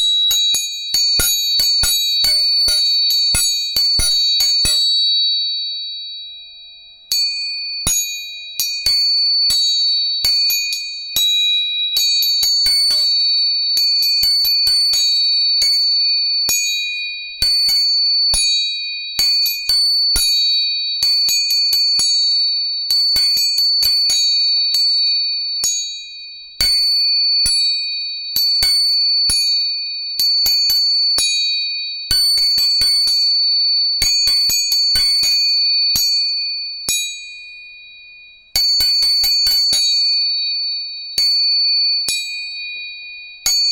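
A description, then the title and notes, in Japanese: Tuning forks are struck again and again, each tap a sharp metallic click followed by a clear, bright ringing tone that hangs steadily. Strikes come in quick bursts throughout, with brief pauses around 6, 26 and 38 seconds where the ringing fades. 音叉チューニング3本。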